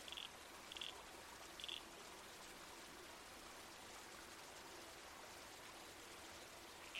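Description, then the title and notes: Red-crowned toadlet calls, three short squelchy notes in the first two seconds, then only gentle water noise until a final note. Night soundscape in the bush with a babbling creek and trees swaying in the wind. "Red-Crowned Toadlet. Nocturnal Worlds"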